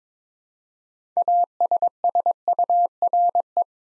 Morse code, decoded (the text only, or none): ASSURE